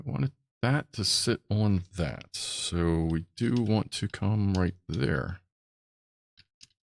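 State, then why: Not seated. Someone talks while pressing a plastic building brick onto another brick where it should sit, and faint small contact taps follow near 6.4, 6.6 and 7.0 seconds. The brick has not snapped or locked on yet.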